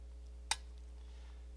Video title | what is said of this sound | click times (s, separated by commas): The worlds worst trapping show!! Trapping Coyotes Fox and bobcats to improve whitetail habitat. | i don't know if y'all heard that or not but it clicked | 0.5 s